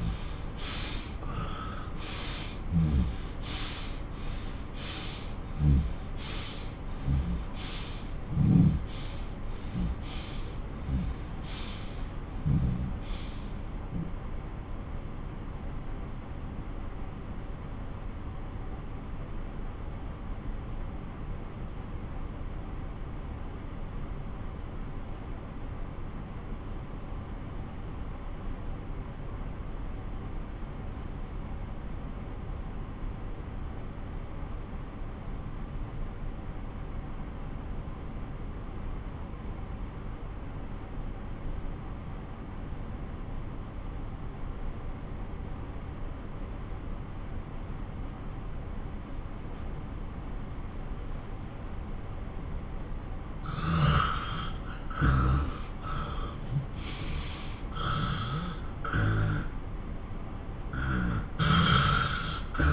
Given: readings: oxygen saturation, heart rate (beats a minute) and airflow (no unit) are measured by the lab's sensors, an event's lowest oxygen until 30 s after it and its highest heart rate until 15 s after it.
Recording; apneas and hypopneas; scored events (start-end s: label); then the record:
breathing in sleep by a smartphone at the bedside; 1
12.00-54.90 s: obstructive apnea (N1, oxygen 97% highest, then 90% lowest)
17.00-47.00 s: new sleep stage, N2 (light sleep)
47.00-62.73 s: new sleep stage, N1 (lightest sleep)
From the record:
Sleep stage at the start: N1 (lightest sleep); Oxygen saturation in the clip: 86 to 97%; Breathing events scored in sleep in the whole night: 217 in 6.3 hours asleep